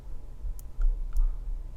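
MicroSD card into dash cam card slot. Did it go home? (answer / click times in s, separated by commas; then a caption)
yes / 0.6 s. A microSD card is pushed into the card slot of a plastic Chortau dash cam, from 2022, and clicks into place at 0.6 s, confirming it is seated. Two fainter clicks follow at about 0.8 s and 1.2 s.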